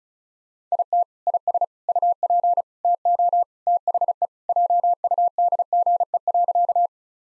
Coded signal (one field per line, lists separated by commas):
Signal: Morse code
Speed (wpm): 36 wpm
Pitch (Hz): 700 Hz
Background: none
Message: IT IS UP TO THE JUDGE.